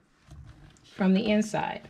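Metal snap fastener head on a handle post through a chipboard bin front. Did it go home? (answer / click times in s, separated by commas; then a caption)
no / none. A metal snap fastener head is handled from the inside of a chipboard storage bin, where it goes onto a post holding a handle on the bin front. Quiet handling noise is heard, then someone talks. Nothing has seated or clicked yet.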